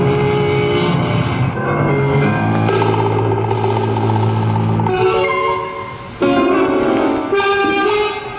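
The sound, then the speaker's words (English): A motorboat engine on a lake roars steadily and loudly as the boat swerves to avoid another boat cutting across, its droning pitch jumping up and down in several abrupt shifts, with no voices. “They're cutting across. Hold on, I've got to swerve. Ginny, that's him. That's Mark Howgate in that boat.”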